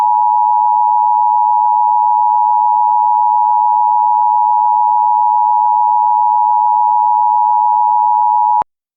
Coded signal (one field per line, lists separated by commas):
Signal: Emergency Alert System (SAME) tones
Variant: 853 and 960 Hz attention tone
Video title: Lunar Disruption | EAS Scenario #6